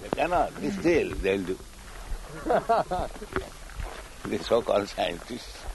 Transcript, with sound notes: They cannot. Still, they'll do, [laughter] the so-called scientists.